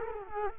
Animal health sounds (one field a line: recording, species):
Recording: mosquito wingbeat signal from an infrared sensor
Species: Culex quinquefasciatus